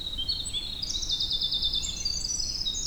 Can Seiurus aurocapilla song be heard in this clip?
no